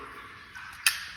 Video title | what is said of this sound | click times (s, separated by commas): How to wire gfci outlet | if you heard that click and it locks in then you're probably good to go | 0.9 s